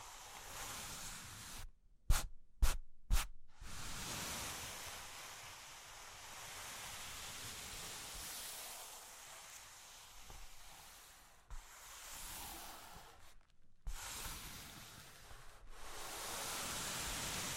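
Cork and wood being scratched and traced, a steady rough hiss running almost throughout. Near two seconds, three sharp taps ring out in a quick row within a short silence. Brief pauses near eleven and thirteen seconds interrupt the rubbing, which grows brighter toward the end.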